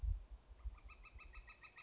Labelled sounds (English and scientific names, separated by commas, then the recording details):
Northern Flicker (Colaptes auratus)
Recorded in Sonoma County, California